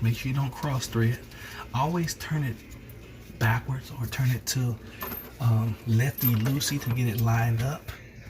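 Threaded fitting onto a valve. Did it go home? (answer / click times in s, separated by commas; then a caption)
no / none. A threaded fitting is turned backwards (counter-clockwise) onto a valve to line up its threads while someone talks, with faint metallic handling sounds under the speech. The clip ends before the fitting goes home, and nothing has seated or clicked yet.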